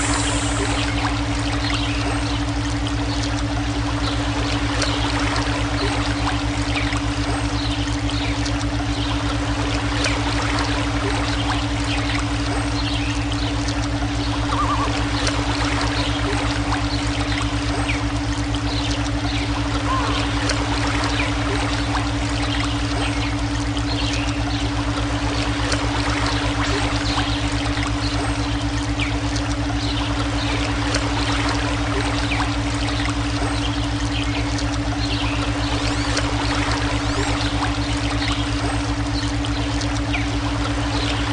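Natural sounds of running, trickling water form a dense, continuous wash, with small splashes and ticks scattered throughout. Beneath it, a steady pure tone and a deep, even hum hold unchanged for the whole clip, giving a constant low drone.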